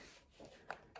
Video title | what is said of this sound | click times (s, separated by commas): Buckle Carriers: Lenny Lamb Upgrade PRO Set-up, Front carry and Feeding | And you're going to clip like that. Make sure you can hear that audible click. | 0.7 s